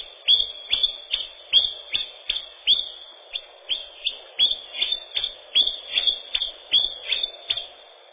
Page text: Пеночка-теньковка, или пеночка-кузнечик (устар.) — Phylloscopus collybita